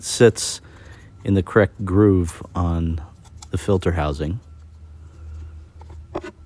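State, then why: Seated. During an oil change on a 2019 Mini Countryman, someone talks while a new paper oil filter element is pressed into the plastic filter housing cap. A sharp click at 6.2 s marks the element snapping into place, seated in the cap.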